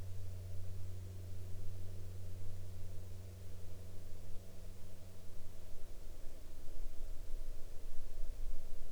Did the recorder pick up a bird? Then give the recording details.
no. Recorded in the Arctic National Wildlife Refuge, Alaska, on 19 June 2019 at 02:09. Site 33